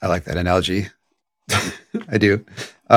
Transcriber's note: chuckles